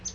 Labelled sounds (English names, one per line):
Palm Warbler flight call